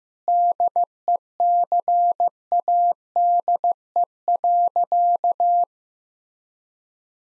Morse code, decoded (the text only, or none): DECADE.